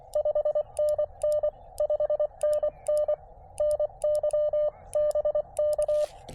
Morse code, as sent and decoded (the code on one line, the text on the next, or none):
..... -. -. / ..... -. -. / -. -.-- / -... -.-
5NN 5NN NY BK